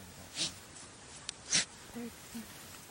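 Two short, sharp, hissing, unvoiced sneeze-like bursts from an African wild dog, made during a pack rally event when members are recruited to stop resting.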